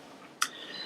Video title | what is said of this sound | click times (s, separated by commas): Squadron ScaleWorkshop No.145 - Fitting the Cowls to Tamiya's New 1/48 Messerschmitt Bf 109 G-6 | just goes right down and clicks into place now I | 0.4 s